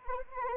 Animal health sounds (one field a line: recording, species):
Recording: mosquito wingbeat signal from an infrared sensor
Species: Anopheles arabiensis